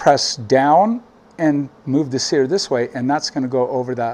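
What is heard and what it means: During reassembly of an Archon Type B pistol, a metal sear is being pressed down and moved sideways over the subframe while someone talks throughout. Nothing has seated or clicked into place yet.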